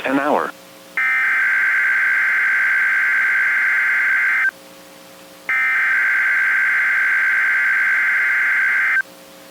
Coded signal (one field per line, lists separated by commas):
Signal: Emergency Alert System (SAME) tones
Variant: header bursts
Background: speech